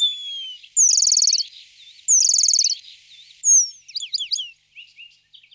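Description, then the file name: Eurasian penduline tit with high falling whistles, two loud rapid buzzy trills, then a cluster of quick chirping notes fading out. "remiz pendulinus"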